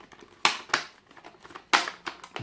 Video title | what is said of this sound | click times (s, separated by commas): How to Change / Remove a BMW M Sport Steering Wheel | one of the last bits is to put this on so we just put this over the top push that down make sure the snap in the place | 0.5 s, 0.7 s